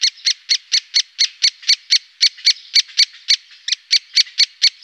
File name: great spotted woodpecker